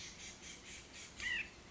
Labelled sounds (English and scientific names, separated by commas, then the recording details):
White-breasted Nuthatch (Sitta carolinensis)
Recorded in Sonoma County, California